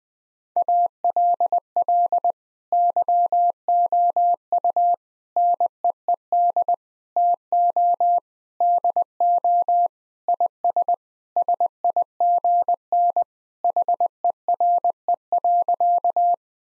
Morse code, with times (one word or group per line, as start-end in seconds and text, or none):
0.6-2.3 ALL
2.7-4.9 YOU
5.4-6.7 NEED
7.2-8.2 TO
8.6-9.9 DO
10.3-10.9 IS
11.4-13.2 SIGN
13.6-16.3 HERE.